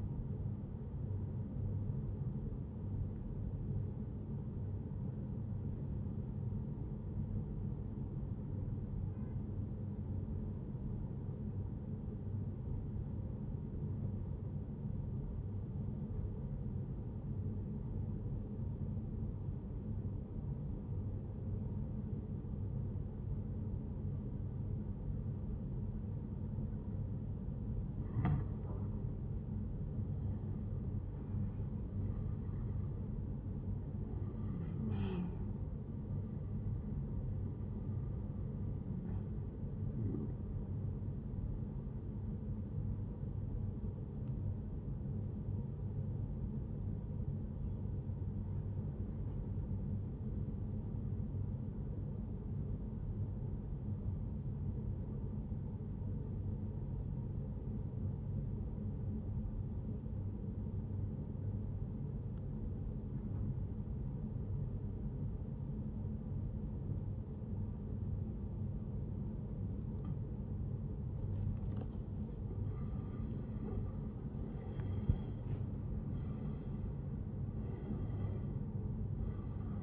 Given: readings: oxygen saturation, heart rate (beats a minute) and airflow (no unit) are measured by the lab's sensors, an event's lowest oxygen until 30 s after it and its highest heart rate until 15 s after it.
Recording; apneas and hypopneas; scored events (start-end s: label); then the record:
breathing in sleep by a smartphone at the bedside; 2
5.00-28.00 s: obstructive apnea (N1, oxygen 96% highest, then 91% lowest, heart rate 80 at the start, 85 highest)
45.00-73.90 s: obstructive apnea (N1, oxygen 96% highest, then 87% lowest, heart rate 80 at the start, 89 highest)
50.00-79.83 s: new sleep stage, N2 (light sleep)
From the record:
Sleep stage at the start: N1 (lightest sleep); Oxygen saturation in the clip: 89 to 96%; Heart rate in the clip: 71 to 89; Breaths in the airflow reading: 5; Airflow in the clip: -12.9 to 13.1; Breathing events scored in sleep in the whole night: 131 in 7.2 hours asleep